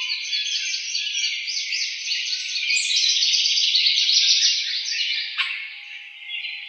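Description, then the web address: House wren song: a continuous rush of rapid, buzzy, high chattering notes, with one sharp click near the end. Recorded on 4 January 2007. "House Wren 2007 01 04"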